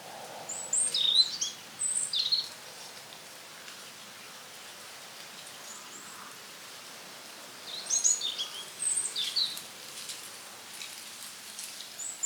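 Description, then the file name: European robin with bursts of high, sharp, tumbling notes early on, several seconds of quiet, then another jumbled high phrase. "Erithacus rubecula"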